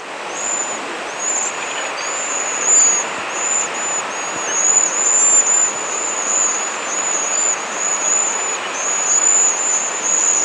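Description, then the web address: Cedar waxwings giving a near-continuous chorus of very high, thin, hissing whistles from several birds, notes overlapping and blending, over strong broad background noise. "waxwings cedw"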